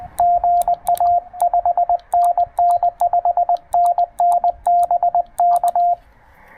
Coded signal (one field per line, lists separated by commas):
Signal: Morse code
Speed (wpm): 19 wpm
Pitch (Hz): 690 Hz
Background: radio noise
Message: GA 5NN 5NN BK